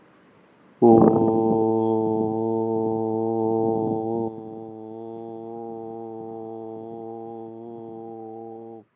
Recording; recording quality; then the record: sustained vowel as in boot; moderate, slight background noise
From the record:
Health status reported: healthy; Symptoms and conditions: cough, cold, hypertension, diabetes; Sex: male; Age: 38 years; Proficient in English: yes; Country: India